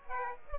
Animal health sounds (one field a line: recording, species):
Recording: mosquito wingbeat signal from an infrared sensor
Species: Aedes aegypti